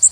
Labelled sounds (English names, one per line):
Connecticut Warbler flight call